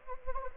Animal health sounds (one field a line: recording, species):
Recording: mosquito wingbeat signal from an infrared sensor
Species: Anopheles arabiensis